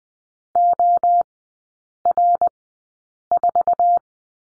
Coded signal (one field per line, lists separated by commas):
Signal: Morse code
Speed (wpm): 20 wpm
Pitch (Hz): 700 Hz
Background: none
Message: OR4